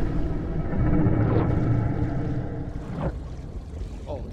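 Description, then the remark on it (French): A low, drawn-out whale call moans and groans over a steady rumbling wash of water, with a few brief rising and falling tones toward the end. “Arrête un peu d'essayer de parler le baleine, tu vas empirer la situation. Oh, quel bruit étrange.”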